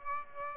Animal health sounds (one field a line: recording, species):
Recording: mosquito wingbeat signal from an infrared sensor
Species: Aedes aegypti